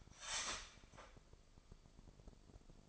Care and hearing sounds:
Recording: daily activity, microphone in the room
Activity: start toaster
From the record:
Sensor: 5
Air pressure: 995.3 hPa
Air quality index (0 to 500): 105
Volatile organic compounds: 7 ppm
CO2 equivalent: 2029 ppm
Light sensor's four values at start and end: 35/83/34/34 and 35/83/34/34

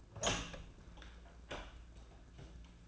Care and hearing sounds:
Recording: daily activity, microphone in the room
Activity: open door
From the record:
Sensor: 2

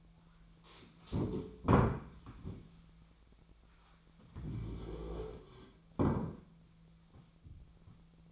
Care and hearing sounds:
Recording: daily activity, microphone in the room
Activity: stand up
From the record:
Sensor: 1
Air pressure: 1008.1 hPa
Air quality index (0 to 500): 191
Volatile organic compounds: 17 ppm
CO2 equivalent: 2585 ppm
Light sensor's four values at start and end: 13/33/13/15 and 13/32/13/14

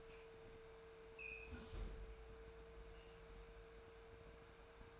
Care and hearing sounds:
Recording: daily activity, microphone in the room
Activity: close fridge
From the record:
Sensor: 2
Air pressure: 1014.7 hPa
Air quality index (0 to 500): 191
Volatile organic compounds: 16 ppm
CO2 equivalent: 2526 ppm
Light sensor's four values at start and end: 11/26/11/11 and 12/29/12/13

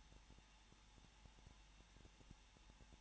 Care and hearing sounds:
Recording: daily activity, microphone in the room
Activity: no activity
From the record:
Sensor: 1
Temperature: 20.1 degrees Celsius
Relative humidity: 39.4%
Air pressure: 1006.4 hPa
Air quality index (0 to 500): 218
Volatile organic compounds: 80 ppm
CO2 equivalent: 3604 ppm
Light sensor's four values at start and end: 1/2/1/1 and 1/2/1/1

